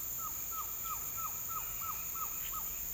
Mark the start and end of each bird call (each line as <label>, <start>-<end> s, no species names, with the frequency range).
bird call (0.5-1.9 kHz), 0.12-2.64 s